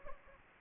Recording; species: mosquito wingbeat signal from an infrared sensor; Anopheles gambiae